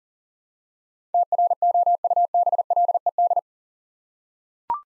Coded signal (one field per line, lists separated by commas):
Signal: Morse code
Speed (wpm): 40 wpm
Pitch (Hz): 700 Hz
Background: none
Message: TROUBLED